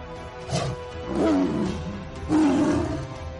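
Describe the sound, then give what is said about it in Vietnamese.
Two deep, rumbling tiger roars with a growling, wavering low pitch, each swelling loud and then fading, heard alone without any voices. “Ngọc bội kia vừa ra thì lại tràn ngập gió đen, dường như tạo thành bộ dạng một con hổ đen rít gào, gào há mồm ngoạm mạnh về phía Vương Bảo Nhạc.”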